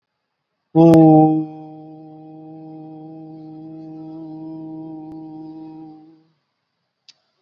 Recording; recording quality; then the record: sustained vowel as in boot; excellent, no background noise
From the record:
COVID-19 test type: RT-PCR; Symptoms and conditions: diabetes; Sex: male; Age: 34 years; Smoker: no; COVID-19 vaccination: both doses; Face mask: worn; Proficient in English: yes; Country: India